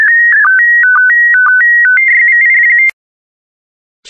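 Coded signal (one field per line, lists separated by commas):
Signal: SSTV (slow-scan television)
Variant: PD120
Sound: steady whistling tones stepping between pitches with brief low blips, cut off after three seconds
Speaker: complete. You can now check your decoded image against the picture that is shown on the video.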